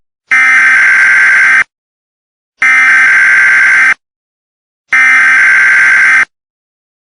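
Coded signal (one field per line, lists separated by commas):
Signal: Emergency Alert System (SAME) tones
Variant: header bursts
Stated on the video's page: Fictional EAS scenario about an AI after a runaway greenhouse effect.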